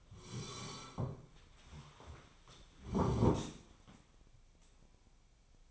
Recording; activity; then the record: daily activity, microphone in the room; sit down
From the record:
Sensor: 1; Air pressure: 1015.3 hPa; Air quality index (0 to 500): 154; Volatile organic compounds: 9 ppm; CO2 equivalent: 2137 ppm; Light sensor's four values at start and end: 12/29/12/13 and 12/29/12/13